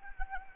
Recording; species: mosquito wingbeat signal from an infrared sensor; Anopheles gambiae